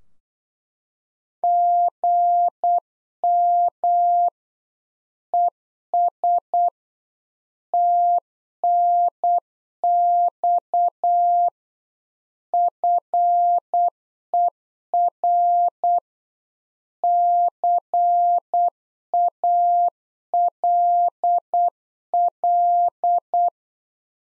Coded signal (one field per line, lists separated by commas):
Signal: Morse code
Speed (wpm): 8 wpm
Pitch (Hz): 700 Hz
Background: none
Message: GM ES TNX FER CALL